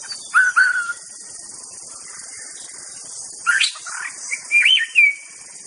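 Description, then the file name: White-rumped Shama song: sparse clear whistles early, then a pause and a burst of slurred rising and falling whistled notes, over a constant high insect drone. Wild forest-dwelling bird. "suara muraibatu hutan. omkicau"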